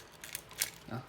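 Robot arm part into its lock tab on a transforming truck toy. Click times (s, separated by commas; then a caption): 0.6 s. The arm piece of a black plastic transforming robot toy, a pickup truck that becomes Ironhide, is pushed in until it engages its lock tab, with light plastic ticks around 0.2 to 0.4 seconds. A sharp plastic click at 0.6 seconds marks the arm locking fully into place, and someone talks briefly.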